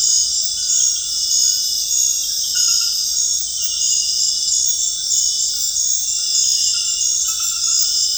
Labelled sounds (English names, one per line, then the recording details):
none
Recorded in dense forest near Puerto Asís, Putumayo, Colombia, on 20 February 2024 at 23:30
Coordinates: 0.485, -76.325
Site G6429